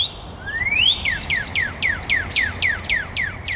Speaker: A brilliant red male cardinal sang from a power line.